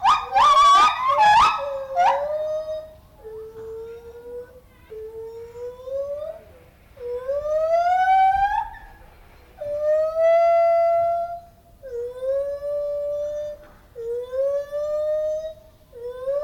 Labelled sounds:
Lar Gibbon call

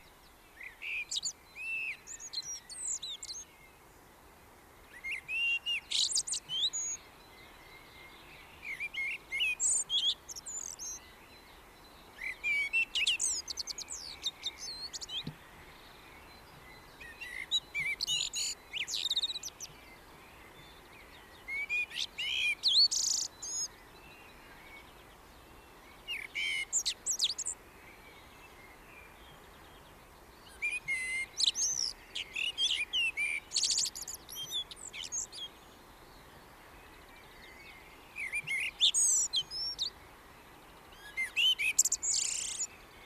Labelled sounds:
Common Blackbird song

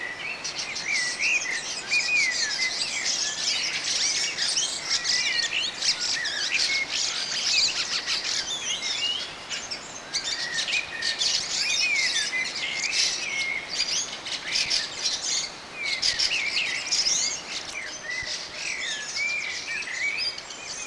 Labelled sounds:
Common Blackbird song

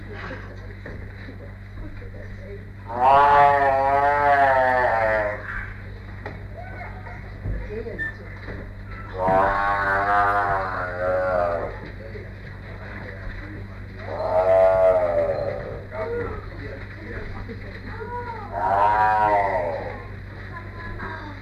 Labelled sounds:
Tiger

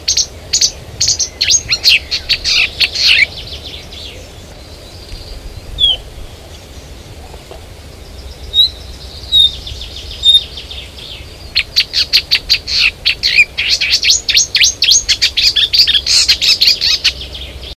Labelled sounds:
Marsh Warbler song

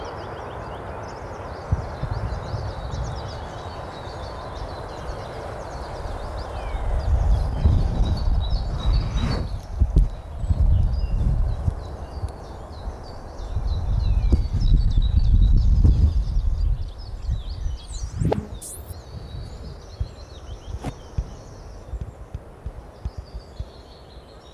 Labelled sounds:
Willow Tit song

